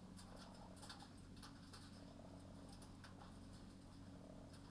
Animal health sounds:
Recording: poultry house recording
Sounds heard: sick chickens (respiratory disease)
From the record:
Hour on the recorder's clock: 21

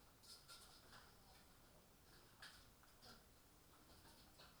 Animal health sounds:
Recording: poultry house recording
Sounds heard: healthy chickens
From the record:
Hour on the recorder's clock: 18

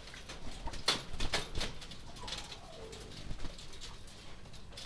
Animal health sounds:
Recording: poultry house recording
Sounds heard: healthy chickens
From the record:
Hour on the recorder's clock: 20

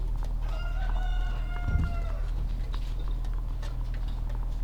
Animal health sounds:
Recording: poultry house recording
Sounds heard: sick chickens (respiratory disease)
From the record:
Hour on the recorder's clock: 17

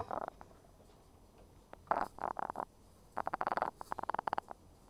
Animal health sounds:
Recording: poultry house recording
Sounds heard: sick chickens (respiratory disease)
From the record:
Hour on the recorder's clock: 21

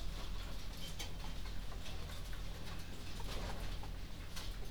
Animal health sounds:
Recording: poultry house recording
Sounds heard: healthy chickens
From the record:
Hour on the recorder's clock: 1

